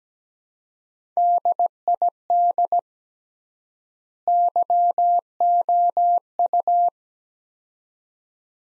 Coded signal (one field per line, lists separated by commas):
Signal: Morse code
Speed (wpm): 17 wpm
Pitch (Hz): 700 Hz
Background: none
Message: DID YOU